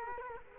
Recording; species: mosquito wingbeat signal from an infrared sensor; Culex quinquefasciatus